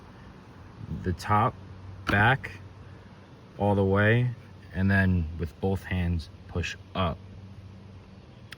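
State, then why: Released. A tow mirror glass backing plate is unclipped from the mirror housing: the top of the glass is pushed back all the way, then pushed up with both hands while someone talks over a steady background hum. The plastic retaining clip releases with a sharp click at 8.5 s.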